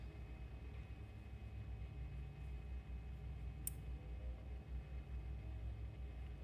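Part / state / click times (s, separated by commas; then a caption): screw pressing the button of a motorcycle brake light switch / seated / 3.7 s. A simple screw is pushed into the opening of the brake light switch on a CRF250L motorcycle, pressing the switch's plastic button while diagnosing a brake light that stays on. Over a steady low hum, a single short, sharp click sounds at 3.7 s as the button is pressed in.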